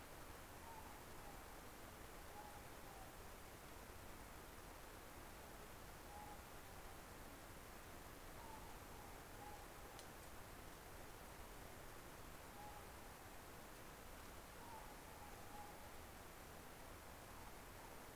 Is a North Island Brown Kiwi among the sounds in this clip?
no